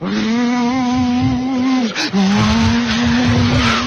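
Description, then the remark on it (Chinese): A voice imitates a motorcycle revving and tearing away in a Chinese crosstalk (xiangsheng) routine, acting out escaping on a motorcycle along a street: a sustained buzzing drone that breaks briefly near the middle and resumes loudly, with a squealing edge like skidding tires. “好， 有一辆摩托车。 太好了！ 骑着摩托车逃跑， 骑摩托车。”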